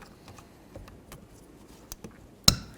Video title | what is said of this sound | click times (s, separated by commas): How to Replace Side Mirror 1998-2002 Honda Accord | Nice little click, give it a tug. | 2.5 s